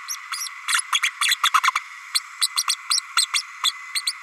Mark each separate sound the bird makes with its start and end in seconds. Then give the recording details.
0.08-0.16, 0.31-0.48, 0.68-0.81, 0.92-0.99, 1.02-1.11, 1.20-1.36, 1.43-1.51, 1.53-1.60, 1.63-1.71, 1.75-1.79, 2.14-2.21, 2.41-2.48, 2.56-2.64, 2.68-2.76, 2.90-3.00, 3.16-3.26, 3.33-3.42, 3.63-3.72, 3.94-4.01, 4.06-4.12. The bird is a female. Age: 32 days. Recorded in a nest box in Venezuela. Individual 17B32A5